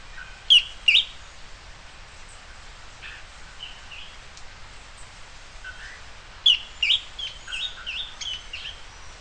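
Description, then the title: Bird song: a pair of bright, high chirps opens, followed by quieter scattered whistled notes, then another chirping phrase around six and a half seconds, with hissy background. "LuckyPassaro Completos2Sama"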